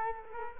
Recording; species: mosquito wingbeat signal from an infrared sensor; Culex quinquefasciatus